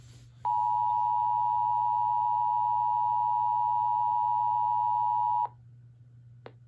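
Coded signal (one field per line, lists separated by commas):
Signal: Emergency Alert System (SAME) tones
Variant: 853 and 960 Hz attention tone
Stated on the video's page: EAS relay of a severe thunderstorm warning from NWS Gray.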